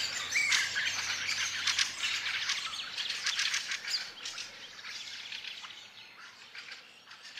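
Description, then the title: Fieldfare chatter, a rapid harsh rattle of scratchy notes, strongest early on and fading toward the end. "Viikon luontoääni: Räkättirastas"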